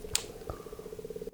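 Bowel sounds (borborygmi) from an adult's stomach, a brief rumbling that sounds like a little tiny motorbike.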